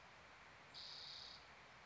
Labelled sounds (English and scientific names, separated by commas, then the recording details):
Spotted Towhee (Pipilo maculatus)
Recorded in Sonoma County, California